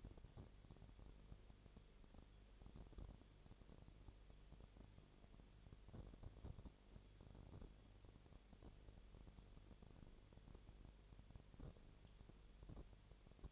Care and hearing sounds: daily activity, microphone in the room; no activity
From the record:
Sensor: 4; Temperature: 22.7 degrees Celsius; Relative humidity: 32.0%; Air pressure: 1008.1 hPa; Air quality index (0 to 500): 113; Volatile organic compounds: 2 ppm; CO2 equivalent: 1100 ppm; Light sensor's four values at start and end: 2/3/1/1 and 2/3/1/1

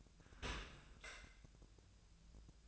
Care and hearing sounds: daily activity, microphone in the room; open dishwasher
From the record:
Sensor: 2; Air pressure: 1000.4 hPa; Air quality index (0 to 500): 162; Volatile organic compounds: 3 ppm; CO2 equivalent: 1349 ppm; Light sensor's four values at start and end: 13/34/13/15 and 13/34/13/15

